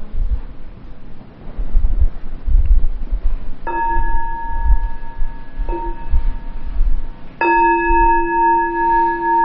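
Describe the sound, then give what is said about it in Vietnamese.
A meditation bell is struck three times to begin a period of sitting meditation at a Buddhist temple, each strike ringing out in a clear, sustained tone, the last one strongest, over a steady windy rumble. “Bây giờ mình ngồi chút xíu nữa ha, nghe tiếng chuông quý vị, chúng ta sẽ ngồi yên.”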